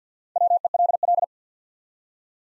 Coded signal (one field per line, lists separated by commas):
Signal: Morse code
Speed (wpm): 50 wpm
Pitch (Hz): 700 Hz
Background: none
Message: WELL